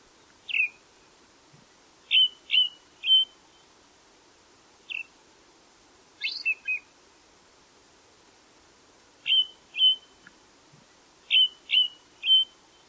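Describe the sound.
Bird calls: short, sharp, high chirps, mostly in quick runs of two or three, spaced by pauses of a few seconds over a quiet background.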